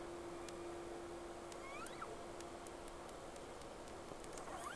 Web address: Sea Snake 10-3-06 Whales X 2 11-30 Round 1